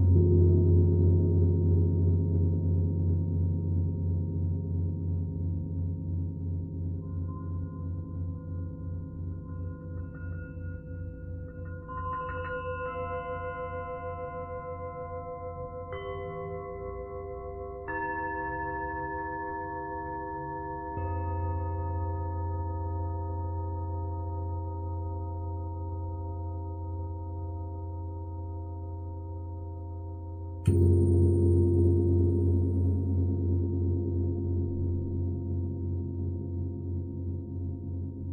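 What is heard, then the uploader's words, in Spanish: Tibetan singing bowls ring in long, sustained tones, with a deep low hum and a steady fast pulsing wobble throughout. Higher bowls are struck around 12, 16, 18 and 21 seconds, layering bright ringing notes, and a strong new strike near 31 seconds renews the sound before it slowly fades. Cuencos Tibetanos.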